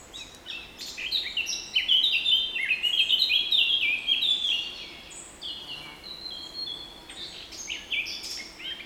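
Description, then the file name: Eurasian blackcap song: a rich, fast warble of varied high notes stepping up and down, loudest in the first five seconds, then scattered softer phrases. "Sylvia atricapilla"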